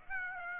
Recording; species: mosquito wingbeat signal from an infrared sensor; Aedes aegypti